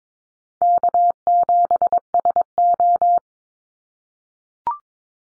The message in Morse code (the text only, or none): K7SO